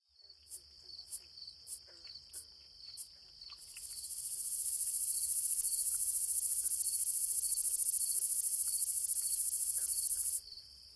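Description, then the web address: Gladiator meadow katydid: a series of five sharp high ticks about half a second apart, then a long loud buzz of roughly seven seconds that stops abruptly, with a steady background hum. Recorded in North America. "Songs of Insects. Gladiator Meadow Katydid"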